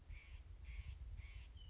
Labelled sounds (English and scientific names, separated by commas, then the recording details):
Steller's Jay (Cyanocitta stelleri)
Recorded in Sonoma County, California